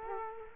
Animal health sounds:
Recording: mosquito wingbeat signal from an infrared sensor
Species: Culex quinquefasciatus

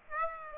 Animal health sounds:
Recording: mosquito wingbeat signal from an infrared sensor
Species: Aedes aegypti

